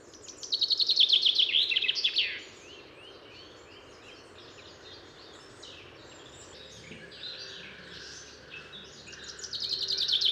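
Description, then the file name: Common chaffinch song: a descending trill phrase at the start ending in a flourish, then mixed chirps, and a second phrase beginning at the end. "Fringilla coelebs"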